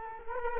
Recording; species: mosquito wingbeat signal from an infrared sensor; Culex quinquefasciatus